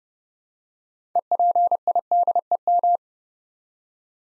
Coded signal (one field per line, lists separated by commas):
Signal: Morse code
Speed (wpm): 28 wpm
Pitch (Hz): 700 Hz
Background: none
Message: EPIDEM